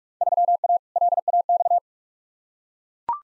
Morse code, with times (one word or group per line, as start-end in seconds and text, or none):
0.2-0.8 3A
1.0-1.8 LAX